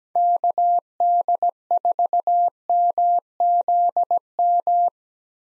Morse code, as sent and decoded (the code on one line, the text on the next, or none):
-.- -.. ....- -- --.. --
KD4MZM